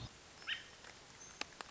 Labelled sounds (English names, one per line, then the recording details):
American Robin
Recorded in Sonoma County, California